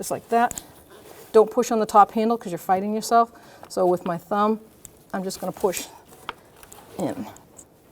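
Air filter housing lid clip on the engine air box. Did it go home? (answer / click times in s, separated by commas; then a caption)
no / none. Someone talks while working the plastic spring-part clip of the air filter housing lid on the engine air box of a 2014-2019 Toyota Corolla 1.8L during an engine air filter replacement, lining it up and pressing it in with a thumb rather than the top handle. A few brief handling taps follow near the end. Nothing has clicked or seated yet; the clip is not yet home.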